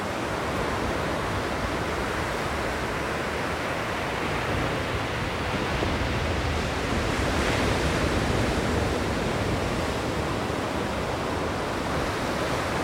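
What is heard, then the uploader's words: Ocean sound as a dense, unbroken roar of surf that stays nearly level for the whole stretch, with no distinct wave crashes standing out. The wash is full and rushing, heaviest in the low rumble, with a slight swell around the middle. Ocean Sounds.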